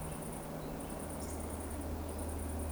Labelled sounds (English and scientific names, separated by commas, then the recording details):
Eurasian Woodcock (Scolopax rusticola) whistle
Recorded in Baden-Württemberg, Germany, on 25 June 2020 at 20:00 UTC
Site 14569, 102 m above sea level